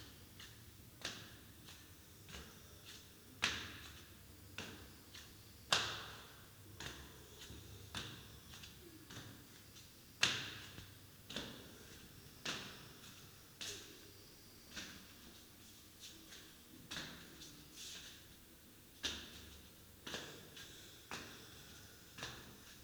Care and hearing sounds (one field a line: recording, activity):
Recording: daily activity, guitar pickup as the sensor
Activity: go upstairs